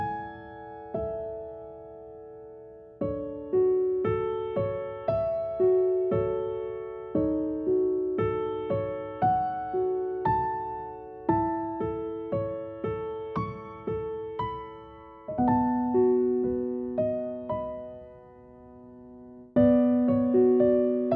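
Relaxing music of softly plucked or struck notes, each ringing out and fading before the next arrives. Calm, unhurried phrases move through mid and low pitches at a slow, regular pace, with a strong new chord near the end.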